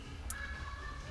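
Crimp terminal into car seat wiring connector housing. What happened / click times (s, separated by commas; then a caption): The terminal clicked into the connector housing / 0.3 s. A crimp terminal is pushed into a tight slot in a car seat wiring connector housing while retrofitting electric M Sport seats into a BMW E39 Touring. One sharp click at 0.3 s stands out over a steady low hum. The terminal seats in the housing.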